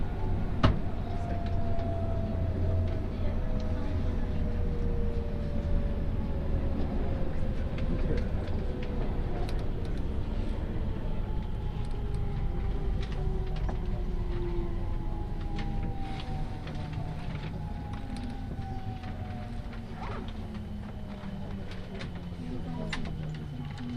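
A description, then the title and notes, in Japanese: A Tokaido Line special rapid train runs between Kusatsu and Shin-Osaka, its low rumble steady throughout. Motor whines glide slowly downward as it decelerates, with a new falling tone starting near the middle. Sharp clicks and ticks scatter across the recording. 耳で楽しむ鉄道旅 東海道本線新快速 草津→新大阪。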